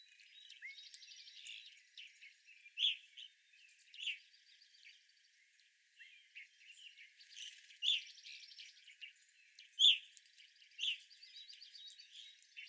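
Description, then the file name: Evening grosbeaks give several loud clear call notes at irregular intervals, over softer pulsed trills and faint chips throughout. 25 April 2021. "2021-04-25 Evening Grosbeaks"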